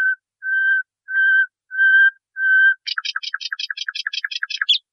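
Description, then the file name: Nightingale song: several long, steady whistles of even pitch, then a fast rattling trill of clipped notes to the end. Masteran recording, made for training caged songbirds. "suara masteran nightingale"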